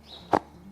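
The fabric flap of a Marsupial Gear binocular chest harness pouch is folded over, and its magnetic closure snaps shut with a single sharp hit at 0.4 s. The flap is seated and held closed by the magnet.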